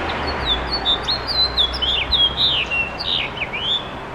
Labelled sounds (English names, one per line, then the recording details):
House Finch song
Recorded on Long Island, New York, on 21 June 2011
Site IT
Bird D